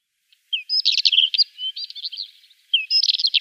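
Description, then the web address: Isabelline wheatear song: a fast, jumbled run of chattering, scratchy notes mixed with short clear whistles, broken by a brief pause before another burst. "Schulze Peter Isabelline Wheatear song"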